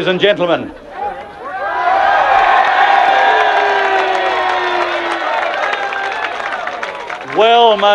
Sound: crowd cheers and boos